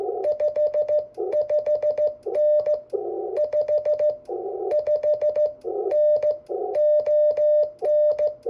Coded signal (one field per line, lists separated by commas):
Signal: Morse code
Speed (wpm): 14 wpm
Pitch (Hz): 600 Hz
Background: none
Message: 55N 55N ON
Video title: Working SKCC member Glenn in NC W2BX NR 27599T